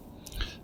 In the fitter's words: You can hear that snap.